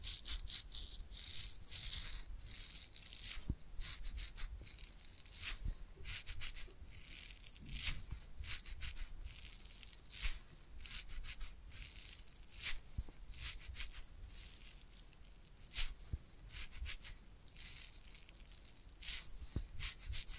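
Continuous scratchy rubbing and crackling from a head massage and ear cleaning, with bright rustling that swells and fades in waves throughout. Frequent short clicks and pops are scattered across the clip, over a low rumble that never stops.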